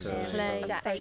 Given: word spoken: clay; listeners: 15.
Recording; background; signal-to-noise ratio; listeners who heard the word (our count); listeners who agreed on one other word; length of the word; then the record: one English word in noise, from a listening test; four-talker babble; 0.5 dB; 1 of 15; 11 of 15; 0.60 s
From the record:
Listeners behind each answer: 11, 1, 1, 1, 1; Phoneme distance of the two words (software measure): 10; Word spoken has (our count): 1 syllable, 3 phonemes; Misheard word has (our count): 1 syllable, 3 phonemes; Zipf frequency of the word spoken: 4.18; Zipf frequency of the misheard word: 5.69